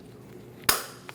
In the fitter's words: Push until you hear a click.